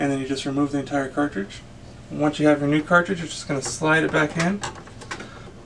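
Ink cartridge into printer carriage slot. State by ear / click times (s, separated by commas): seated / 5.0 s, 5.1 s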